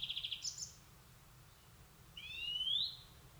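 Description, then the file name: European greenfinch calls: a quick buzzy trill with a higher note, then a drawn-out rising nasal wheeze. "Chloris chloris"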